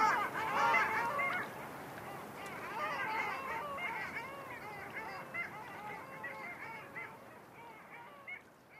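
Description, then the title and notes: Long-tailed Duck chorus of yodelling, nasal calls, loud at the start and then continuing more softly with overlapping wavering notes. "Viikon luontoääni: Alli."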